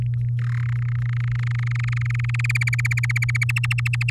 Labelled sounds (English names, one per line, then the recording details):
Domestic Canary song
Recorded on 9 May 2018 at 05:59
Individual llb16